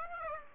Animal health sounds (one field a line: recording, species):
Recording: mosquito wingbeat signal from an infrared sensor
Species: Aedes aegypti